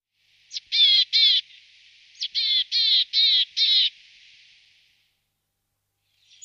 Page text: Птицы Европы - Гаичка буроголовая